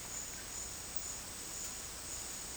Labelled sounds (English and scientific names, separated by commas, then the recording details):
none
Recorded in secondary vegetation near Puerto Asís, Putumayo, Colombia, on 20 December 2024 at 12:30
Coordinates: 0.484, -76.319
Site GP06